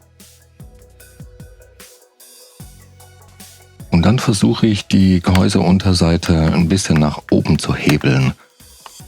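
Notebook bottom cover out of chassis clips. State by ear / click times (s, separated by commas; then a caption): released / 8.9 s. Someone talks while prying the plastic bottom cover of a Lenovo V14 G2-ALC laptop upward and wiggling it, starting at the back, to work its clips out of their slots in the chassis. Several soft cracks and creaks are heard early on. A sharp crack at 8.9 s marks the clips releasing, which is normal for this cover.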